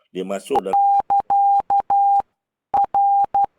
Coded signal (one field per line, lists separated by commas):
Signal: Morse code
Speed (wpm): 12 wpm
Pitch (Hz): 800 Hz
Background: speech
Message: <KA> R